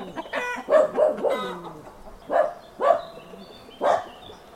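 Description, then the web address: Chickens clucking in an uneven series, with a drawn-out falling squawk early on. Farmyard. "Hollywood Edge Historical Series. Farmyard With Chickens"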